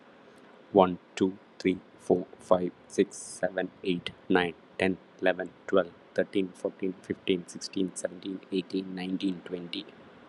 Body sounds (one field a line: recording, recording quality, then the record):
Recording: counting at a normal pace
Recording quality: excellent, no background noise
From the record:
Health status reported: healthy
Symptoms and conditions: none ticked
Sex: male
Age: 38 years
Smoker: not ticked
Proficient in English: yes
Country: India